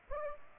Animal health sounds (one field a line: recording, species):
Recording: mosquito wingbeat signal from an infrared sensor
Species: Aedes aegypti